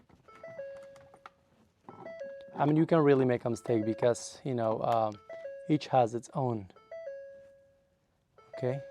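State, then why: Not seated. A wiring connector is being pushed onto an HVAC blend/mode door actuator behind the dash of a 2011-2019 Ford Explorer during actuator replacement to fix no air to the floor. Someone talks over tonal background music with a few faint sharp hits. Nothing has seated or clicked yet.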